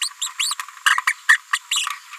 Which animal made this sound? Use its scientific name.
Forpus passerinus